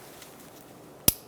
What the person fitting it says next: Make sure you hear that click.